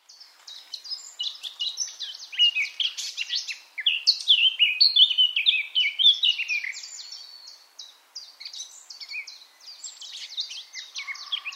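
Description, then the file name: Eurasian blackcap giving a long, rambling warble of quick chirps and twittering notes, loudest in the middle and tailing off into softer, scattered phrases. "Sylvia atricapilla"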